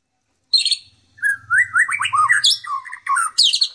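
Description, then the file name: White-rumped shama singing a quick, varied string of bright whistled notes, some high and sharp, others lower and rolling, over a faint low hum. Song style called 'tembakan', with canary (kenari) and kingfisher (tengkek) phrases worked in. "murai batu tembakan kenari tengkek"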